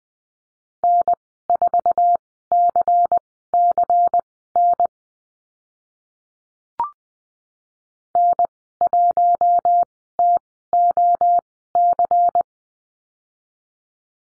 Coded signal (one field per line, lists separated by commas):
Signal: Morse code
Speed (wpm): 20 wpm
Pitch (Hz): 700 Hz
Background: none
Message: N4CCN N1TOC